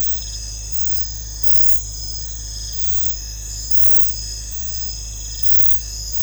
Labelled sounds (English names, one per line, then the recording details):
none
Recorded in secondary vegetation near Puerto Asís, Putumayo, Colombia, on 21 December 2024 at 00:00
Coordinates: 0.499, -76.323
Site G010